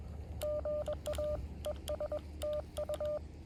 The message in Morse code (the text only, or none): GA ES TU